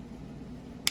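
A driver slips in the head of a small Torx screw in the handle of a Civivi Baby Banter folding knife during reassembly. Over a low, steady background hum, a single sharp click comes at 0.9 s as the driver slips. The screw head is stripped out.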